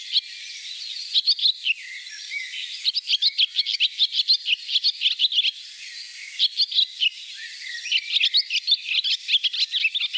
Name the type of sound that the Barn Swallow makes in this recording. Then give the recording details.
song. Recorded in the wild. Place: Gottenheim / Freiburg im Breisgau, Baden-Württemberg, DE. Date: 1983-07-03. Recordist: Schwarz, Dieter